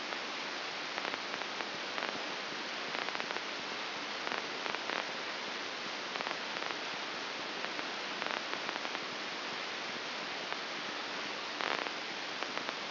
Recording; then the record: brain microelectrode recording played as sound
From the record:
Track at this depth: outside the subthalamic nucleus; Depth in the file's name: 8.504 mm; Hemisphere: left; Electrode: 2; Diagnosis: Parkinson's disease